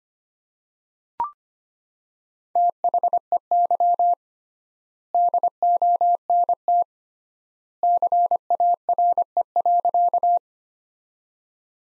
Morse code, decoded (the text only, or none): THEY DONT CARE.